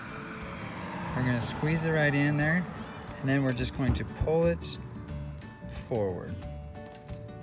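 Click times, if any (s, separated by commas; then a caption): none. Someone talks while a new windshield wiper blade is squeezed onto the J-hook of the wiper arm and pulled forward, with music playing in the background. The clip ends before the blade snaps into place; nothing has seated or clicked yet.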